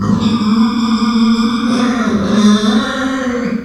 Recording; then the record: squeal of a Yucatan mini pig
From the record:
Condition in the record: after surgery on the right vocal fold (resection and tissue-engineered implant); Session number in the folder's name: 14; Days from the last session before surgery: 133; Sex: female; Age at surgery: 19 weeks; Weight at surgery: 25 kg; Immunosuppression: prednisolone